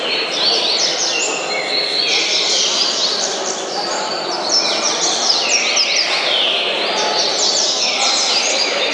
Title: Canto Coleiro